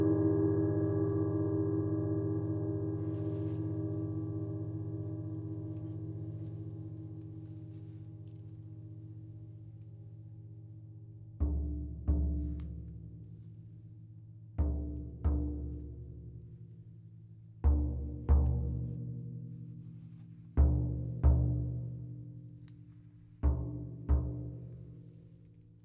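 A deep gong tone rings from the start and slowly fades over about eleven seconds. After that, low booming strikes arrive roughly every three seconds, each blooming and then decaying, with a deep drum-like thump beneath the shimmering ring.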